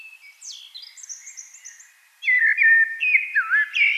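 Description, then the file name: Eurasian blackbird: soft high squeaky twitter first, then a loud burst of mellow, looping whistled notes. "Turdus merula"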